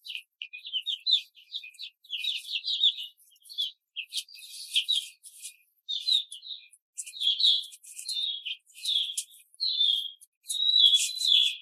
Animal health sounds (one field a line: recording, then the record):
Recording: young laying hens in a cage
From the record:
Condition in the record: control cage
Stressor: none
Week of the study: 5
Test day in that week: 1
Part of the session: 1